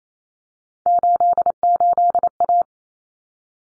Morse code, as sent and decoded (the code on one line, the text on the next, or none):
---.. ---.. .-
88A